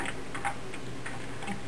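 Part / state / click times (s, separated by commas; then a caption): CPU socket locking lever on motherboard / not seated / none. With the processor set in the motherboard socket, someone works the socket's plastic locking lever, producing a few faint ticks around 0.1, 0.4 and 1.1 seconds against a steady low hiss. The lever has not clicked or locked yet.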